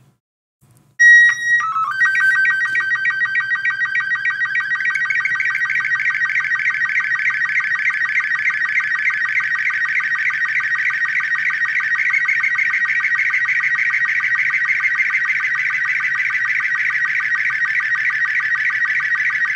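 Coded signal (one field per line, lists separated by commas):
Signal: SSTV (slow-scan television)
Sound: steady high tone, short chirpy start code, then rhythmic warbling scan tones with regular ticks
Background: faint low hum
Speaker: I'm just gonna grab my own logo here and we'll try to send this one just via sound you will hear the sound too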